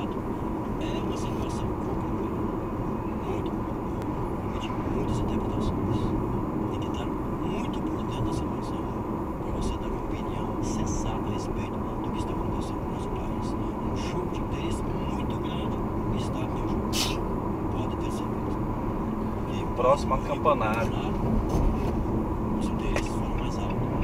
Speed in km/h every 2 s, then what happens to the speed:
92, 91, 90, 89, 90, 90, 90, 93, 93, 93, 91, 90.
0-24 steady at about 90.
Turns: none.